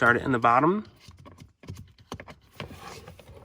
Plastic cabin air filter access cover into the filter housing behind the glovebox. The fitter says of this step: and then push. You'll hear the clicks, and then the front door is back on.